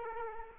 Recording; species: mosquito wingbeat signal from an infrared sensor; Aedes aegypti